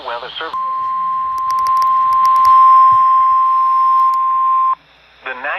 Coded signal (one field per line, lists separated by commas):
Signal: Emergency Alert System (SAME) tones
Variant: 1050 Hz attention tone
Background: speech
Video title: EAS Alerts From June 19, And June 20, 2021, [EAS #590 - #595]